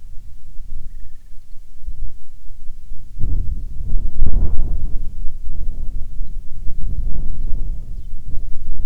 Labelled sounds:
bird, wind
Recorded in the Arctic National Wildlife Refuge, Alaska, on 9 July 2019 at 21:38
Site 48

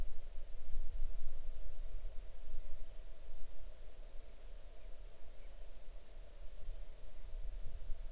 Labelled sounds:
songbird
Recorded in the Arctic National Wildlife Refuge, Alaska, on 6 July 2019 at 01:12
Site 39

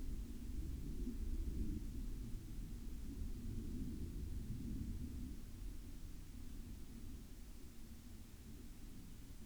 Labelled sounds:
aircraft
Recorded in the Arctic National Wildlife Refuge, Alaska, on 12 May 2019 at 16:07
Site 37

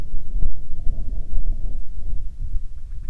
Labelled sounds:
grouse or ptarmigan, wind
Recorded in the Prudhoe Bay oil fields, Alaska, on 9 June 2019 at 17:05
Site 21

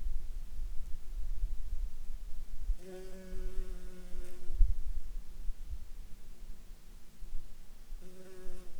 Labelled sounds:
insects
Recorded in Ivvavik National Park, Yukon, on 29 June 2019 at 20:09
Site SINP09

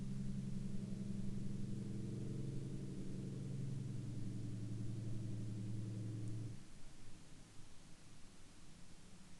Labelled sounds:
man-made sound
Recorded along the Dempster Highway, Canada, on 25 October 2019 at 17:22
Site 15

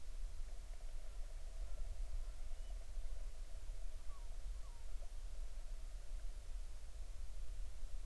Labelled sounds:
bird
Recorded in the Arctic National Wildlife Refuge, Alaska, on 20 July 2019 at 02:40
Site 38

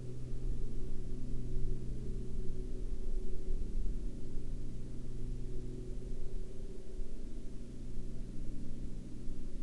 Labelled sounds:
aircraft
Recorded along the Dalton Highway, Alaska, on 19 April 2019 at 16:07
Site 08

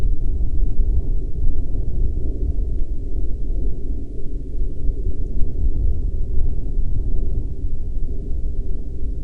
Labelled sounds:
aircraft
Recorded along the Dalton Highway, Alaska, on 1 May 2019 at 14:49
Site 08

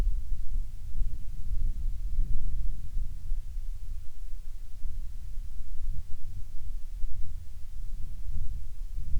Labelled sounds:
wind
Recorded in the Prudhoe Bay oil fields, Alaska, on 7 August 2019 at 04:59
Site 13

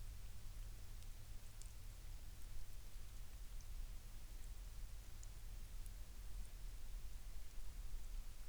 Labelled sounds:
near silence
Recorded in the Prudhoe Bay oil fields, Alaska, on 11 May 2019 at 17:23
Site 21

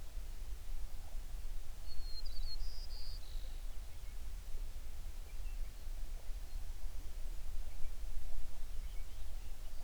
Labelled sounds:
songbird
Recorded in the Prudhoe Bay oil fields, Alaska, on 11 June 2019 at 05:25
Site 21

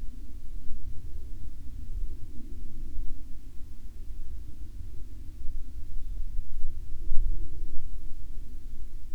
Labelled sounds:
aircraft
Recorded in the Arctic National Wildlife Refuge, Alaska, on 31 July 2019 at 15:54
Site 40

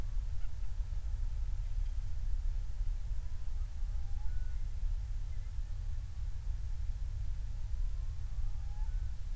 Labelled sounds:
songbird, loon, flare stack
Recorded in the Prudhoe Bay oil fields, Alaska, on 28 July 2019 at 05:16
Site 25

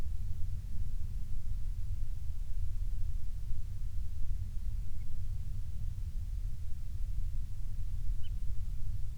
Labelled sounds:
bird
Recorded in the Prudhoe Bay oil fields, Alaska, on 12 July 2019 at 02:22
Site 16

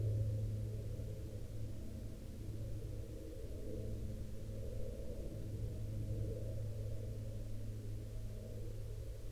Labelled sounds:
aircraft
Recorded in the Arctic National Wildlife Refuge, Alaska, on 16 August 2021 at 14:52
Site 42

